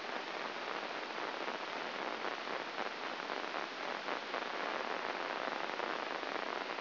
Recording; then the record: brain microelectrode recording played as sound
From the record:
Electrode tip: inside the subthalamic nucleus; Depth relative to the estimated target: 2 mm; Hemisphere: right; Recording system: AlphaMap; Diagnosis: Parkinson's disease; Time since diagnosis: 12 years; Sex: male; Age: 57 years